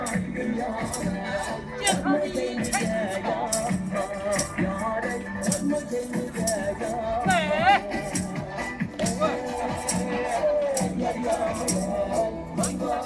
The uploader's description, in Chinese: 哈尔滨铁路公园，广场舞